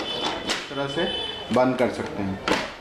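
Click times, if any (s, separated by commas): none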